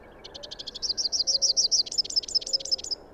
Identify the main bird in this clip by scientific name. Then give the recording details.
Basileuterus rufifrons. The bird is a male. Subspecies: rufifrons. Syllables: 32. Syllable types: 5. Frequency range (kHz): 3.0-8.1 kHz. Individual YA-GYS-M